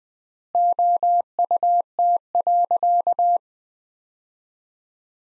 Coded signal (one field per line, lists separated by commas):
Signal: Morse code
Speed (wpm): 20 wpm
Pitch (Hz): 700 Hz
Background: none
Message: OUT.